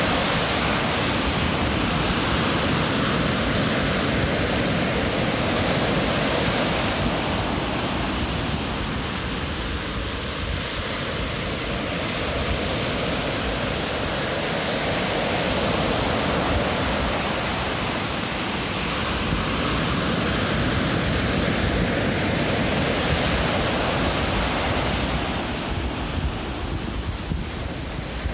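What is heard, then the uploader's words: Surf at Salinas River State Beach in Moss Landing, California, makes a continuous, dense roar with a deep rumble underneath. The sound swells and eases slowly rather than breaking into distinct crashes, and a brighter hiss of wash rises near the end. Salinas River State Beach in Moss Landing, California.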